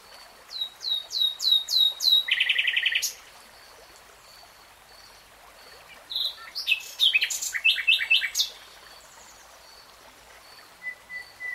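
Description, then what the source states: Nightingale song opening with a series of repeated whistled notes, then a rattling burst, a pause, and a jumble of sharp chirps and clicks. Singing in real time.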